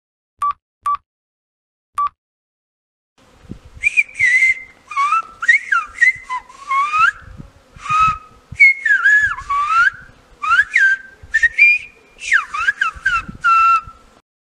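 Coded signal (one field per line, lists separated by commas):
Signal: whistled language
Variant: Silbo Gomero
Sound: three short beeps, then loud gliding whistles rising and falling in speech-like phrases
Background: low thumps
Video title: El silbo gomero, otra manera de comunicarse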